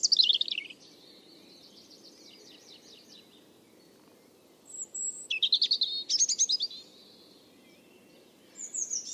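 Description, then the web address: European robin singing a high descending flourish, faint trilled notes through a quieter stretch, then further bright, fast trilled phrases. "Deverinetal 2025 File origin Bird Only Er Ru"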